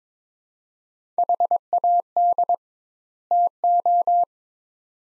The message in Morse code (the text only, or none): HAD TO